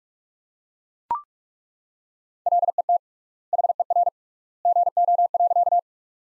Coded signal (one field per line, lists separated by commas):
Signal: Morse code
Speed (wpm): 41 wpm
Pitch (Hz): 700 Hz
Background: none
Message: LET HER GO.